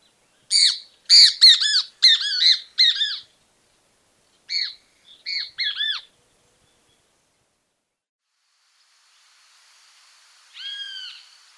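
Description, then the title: Great kiskadee giving loud harsh squawking calls in a rapid series, then a short pause and a few more, followed by a fainter call near the end. "BENTEVEO COMUN"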